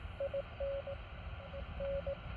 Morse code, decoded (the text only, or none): IN N